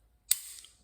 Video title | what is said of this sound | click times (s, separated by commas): S550 W221 Mercedes Hood Won't Open | It latches, and then when this lever here gets pulled towards the | 0.3 s